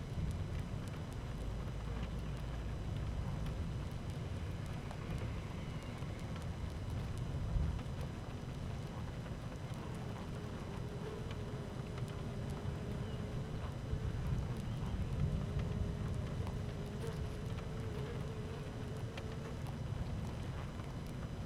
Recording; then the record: honeybee colony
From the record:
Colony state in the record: active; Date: 12 June 2018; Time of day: 13:16